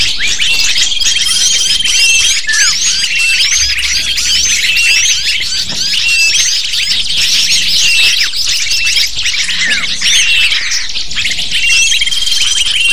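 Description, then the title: Lovebird: shrill chattering of a lovebird flock, dense high chirps without pause, a faint thin sustained tone at times. Lure recording (pikat) used to attract lovebirds. "PIKAT BURUNG LOVEBIRD"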